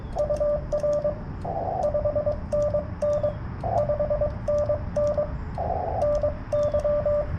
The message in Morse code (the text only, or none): UR 5NN 5NN NY